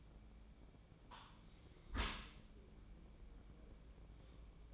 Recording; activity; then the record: daily activity, microphone in the room; close dishwasher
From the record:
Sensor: 1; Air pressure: 1012.4 hPa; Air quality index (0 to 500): 170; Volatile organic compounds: 3 ppm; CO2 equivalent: 1394 ppm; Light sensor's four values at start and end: 389/869/391/428 and 384/859/387/423